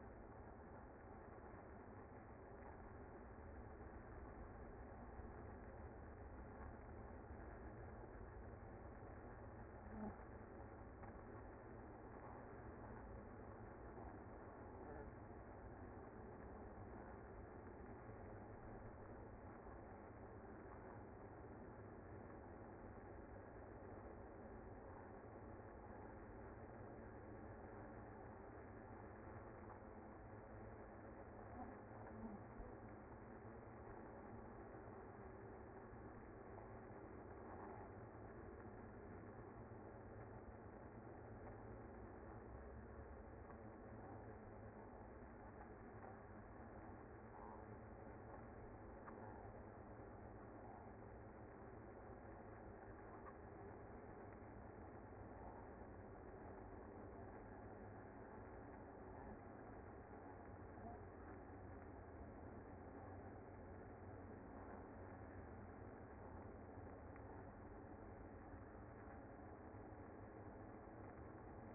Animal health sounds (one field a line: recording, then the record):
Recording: honeybee colony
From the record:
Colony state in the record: active